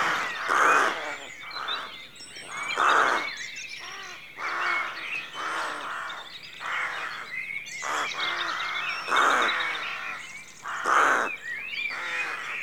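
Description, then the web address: Rooks call in loud, raucous caws, about one rough note every second or so, through the recording. Rookery at dawn, rural outdoor atmosphere. "BBC Sound Effects Library BBC 52-Exterior Atmospheres-Rural Backg 04 Rookery Dawn"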